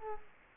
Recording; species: mosquito wingbeat signal from an infrared sensor; Culex quinquefasciatus